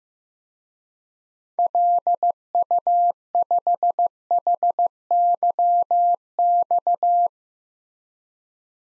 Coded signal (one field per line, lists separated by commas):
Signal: Morse code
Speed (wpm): 15 wpm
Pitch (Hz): 700 Hz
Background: none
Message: LU5HYX